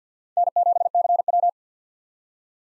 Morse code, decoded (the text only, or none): N7CW